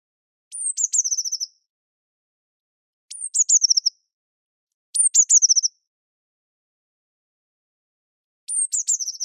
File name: Cyanistes caeruleus